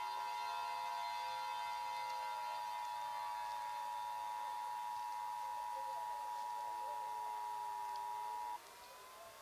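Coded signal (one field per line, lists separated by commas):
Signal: Emergency Alert System (SAME) tones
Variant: 853 and 960 Hz attention tone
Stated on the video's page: Fictional SCP-themed alert styled as a 1997 VHS recording from a Dallas County, Texas encoder, with degraded quality and tornado siren ambiance.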